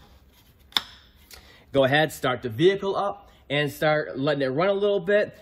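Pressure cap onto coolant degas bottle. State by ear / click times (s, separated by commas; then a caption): seated / 0.8 s. A plastic pressure cap is turned back onto the coolant degas bottle of a 2011-2021 Ford F-150 with the 5.0L Coyote engine after refilling coolant. One sharp, loud click at 0.8 s marks the cap seating. Then someone talks.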